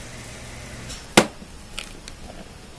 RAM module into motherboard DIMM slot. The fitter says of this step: this probably the easiest part you just have to push down until you hear a click